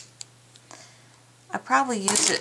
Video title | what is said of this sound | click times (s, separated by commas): Orla Kiely Planner Supplies Cosmetic Case | Then it just snaps right back into place. | 0.2 s